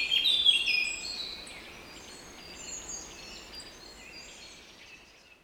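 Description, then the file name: Eurasian blackcap calling: a loud burst of high, chattering chirps in the first second and a half, then fainter scattered chirps over a steady hiss of background noise. "Sylvia atricapilla"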